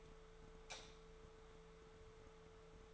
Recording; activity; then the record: daily activity, microphone in the room; light off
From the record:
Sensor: 3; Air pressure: 1014.7 hPa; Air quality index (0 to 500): 191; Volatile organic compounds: 23 ppm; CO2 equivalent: 2796 ppm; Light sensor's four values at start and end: 43/110/47/50 and 41/101/43/47